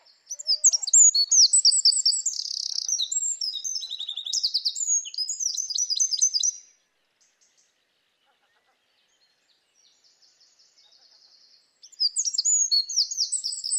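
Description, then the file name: Eurasian wren: a long, rapid, piercing song of about six seconds, a pause with a faint trill, then a new song starting near the end. "Troglodytes troglodytes"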